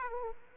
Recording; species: mosquito wingbeat signal from an infrared sensor; Aedes aegypti